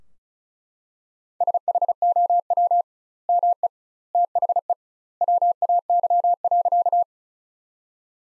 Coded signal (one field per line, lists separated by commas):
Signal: Morse code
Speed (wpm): 36 wpm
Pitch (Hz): 700 Hz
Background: none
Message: SHOW ME THE WAY.